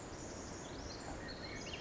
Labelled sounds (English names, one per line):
Pacific Wren